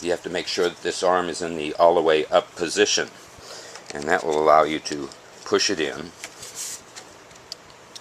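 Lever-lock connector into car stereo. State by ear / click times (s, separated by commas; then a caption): seated / 7.5 s. Someone talks while a plastic lever-arm connector, with its arm in the all-the-way-up position, is pushed into a Volkswagen car stereo. A sharp click at 7.5 s marks the arm coming down, drawing the connector in and locking it into place, seated.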